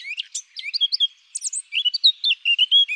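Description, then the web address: Eurasian blackcap song, a fast, varied warble of high chirps and twittering notes, some sliding phrases, running throughout with one brief pause midway and no other clear sounds. "Sylvia atricapilla"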